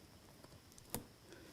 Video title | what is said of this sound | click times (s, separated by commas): Laptop screen replacement (How to replace notebook LCD) [HP EliteBook 8540w] | There it goes, snapped right in. | 0.9 s